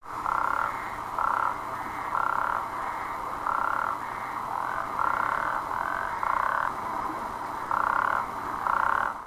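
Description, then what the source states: African common toad calling, a series of loud, harsh, snoring croaks repeated roughly every second. Recorded in 2010.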